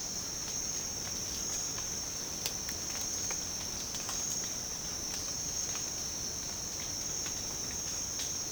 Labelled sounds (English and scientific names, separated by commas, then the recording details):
none
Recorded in secondary vegetation near Puerto Asís, Putumayo, Colombia, on 19 March 2025 at 07:00
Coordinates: 0.485, -76.322
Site G040